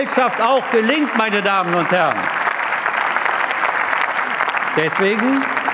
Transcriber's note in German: Beifall bei der SPD und dem BÜNDNIS 90/ DIE GRÜNEN sowie bei Abgeordneten der FDP – Zurufe von der CDU/CSU